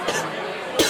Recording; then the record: coughing mixed with background sound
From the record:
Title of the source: 55 gaggy wet cough